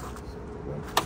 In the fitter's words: I heard it I just heard a click nice you did push in a little then huh and it worked great